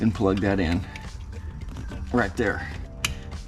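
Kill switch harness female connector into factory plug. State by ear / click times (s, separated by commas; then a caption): seated / 3.1 s. The female end of a kill switch harness is pushed into the factory wiring plug while someone talks over background music. A loud, sharp snap at 3.0 s shows the connector has seated.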